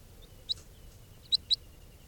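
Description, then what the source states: Crossbill calls: three short, high chip notes, one alone and then a quick pair. Juvenile crossbill, bird number 431, recorded in captivity just after capture; it had also been recorded in the wild before capture.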